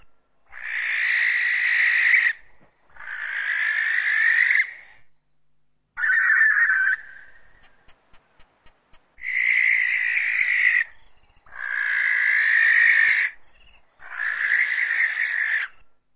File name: Barn Owl